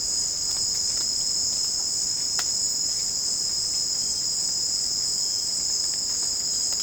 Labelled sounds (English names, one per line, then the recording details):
none
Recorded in pastures near Puerto Asís, Putumayo, Colombia, on 30 June 2025 at 18:00
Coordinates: 0.496, -76.326
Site GP01